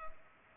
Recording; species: mosquito wingbeat signal from an infrared sensor; Culex pipiens